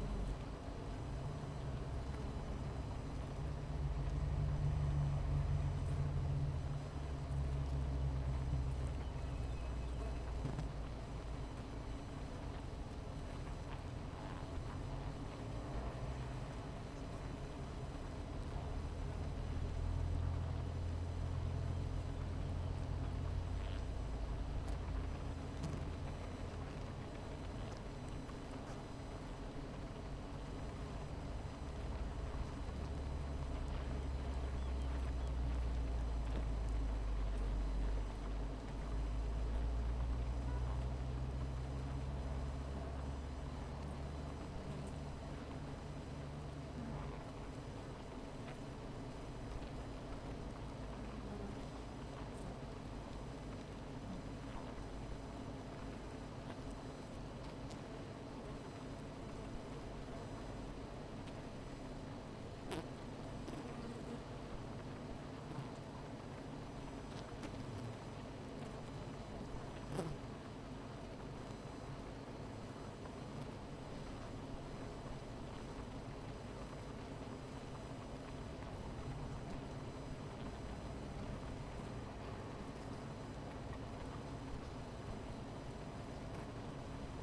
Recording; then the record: honeybee colony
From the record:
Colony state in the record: missing queen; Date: 14 July 2017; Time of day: 17:03